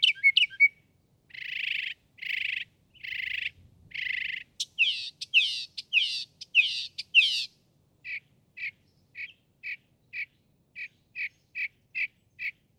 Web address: songs Northern Mockingbird